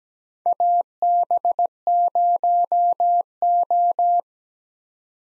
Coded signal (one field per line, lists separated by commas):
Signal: Morse code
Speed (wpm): 17 wpm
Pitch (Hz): 700 Hz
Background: none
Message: AB0O